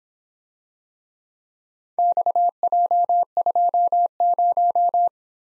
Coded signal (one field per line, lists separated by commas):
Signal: Morse code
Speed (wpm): 26 wpm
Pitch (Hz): 700 Hz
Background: none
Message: XJ20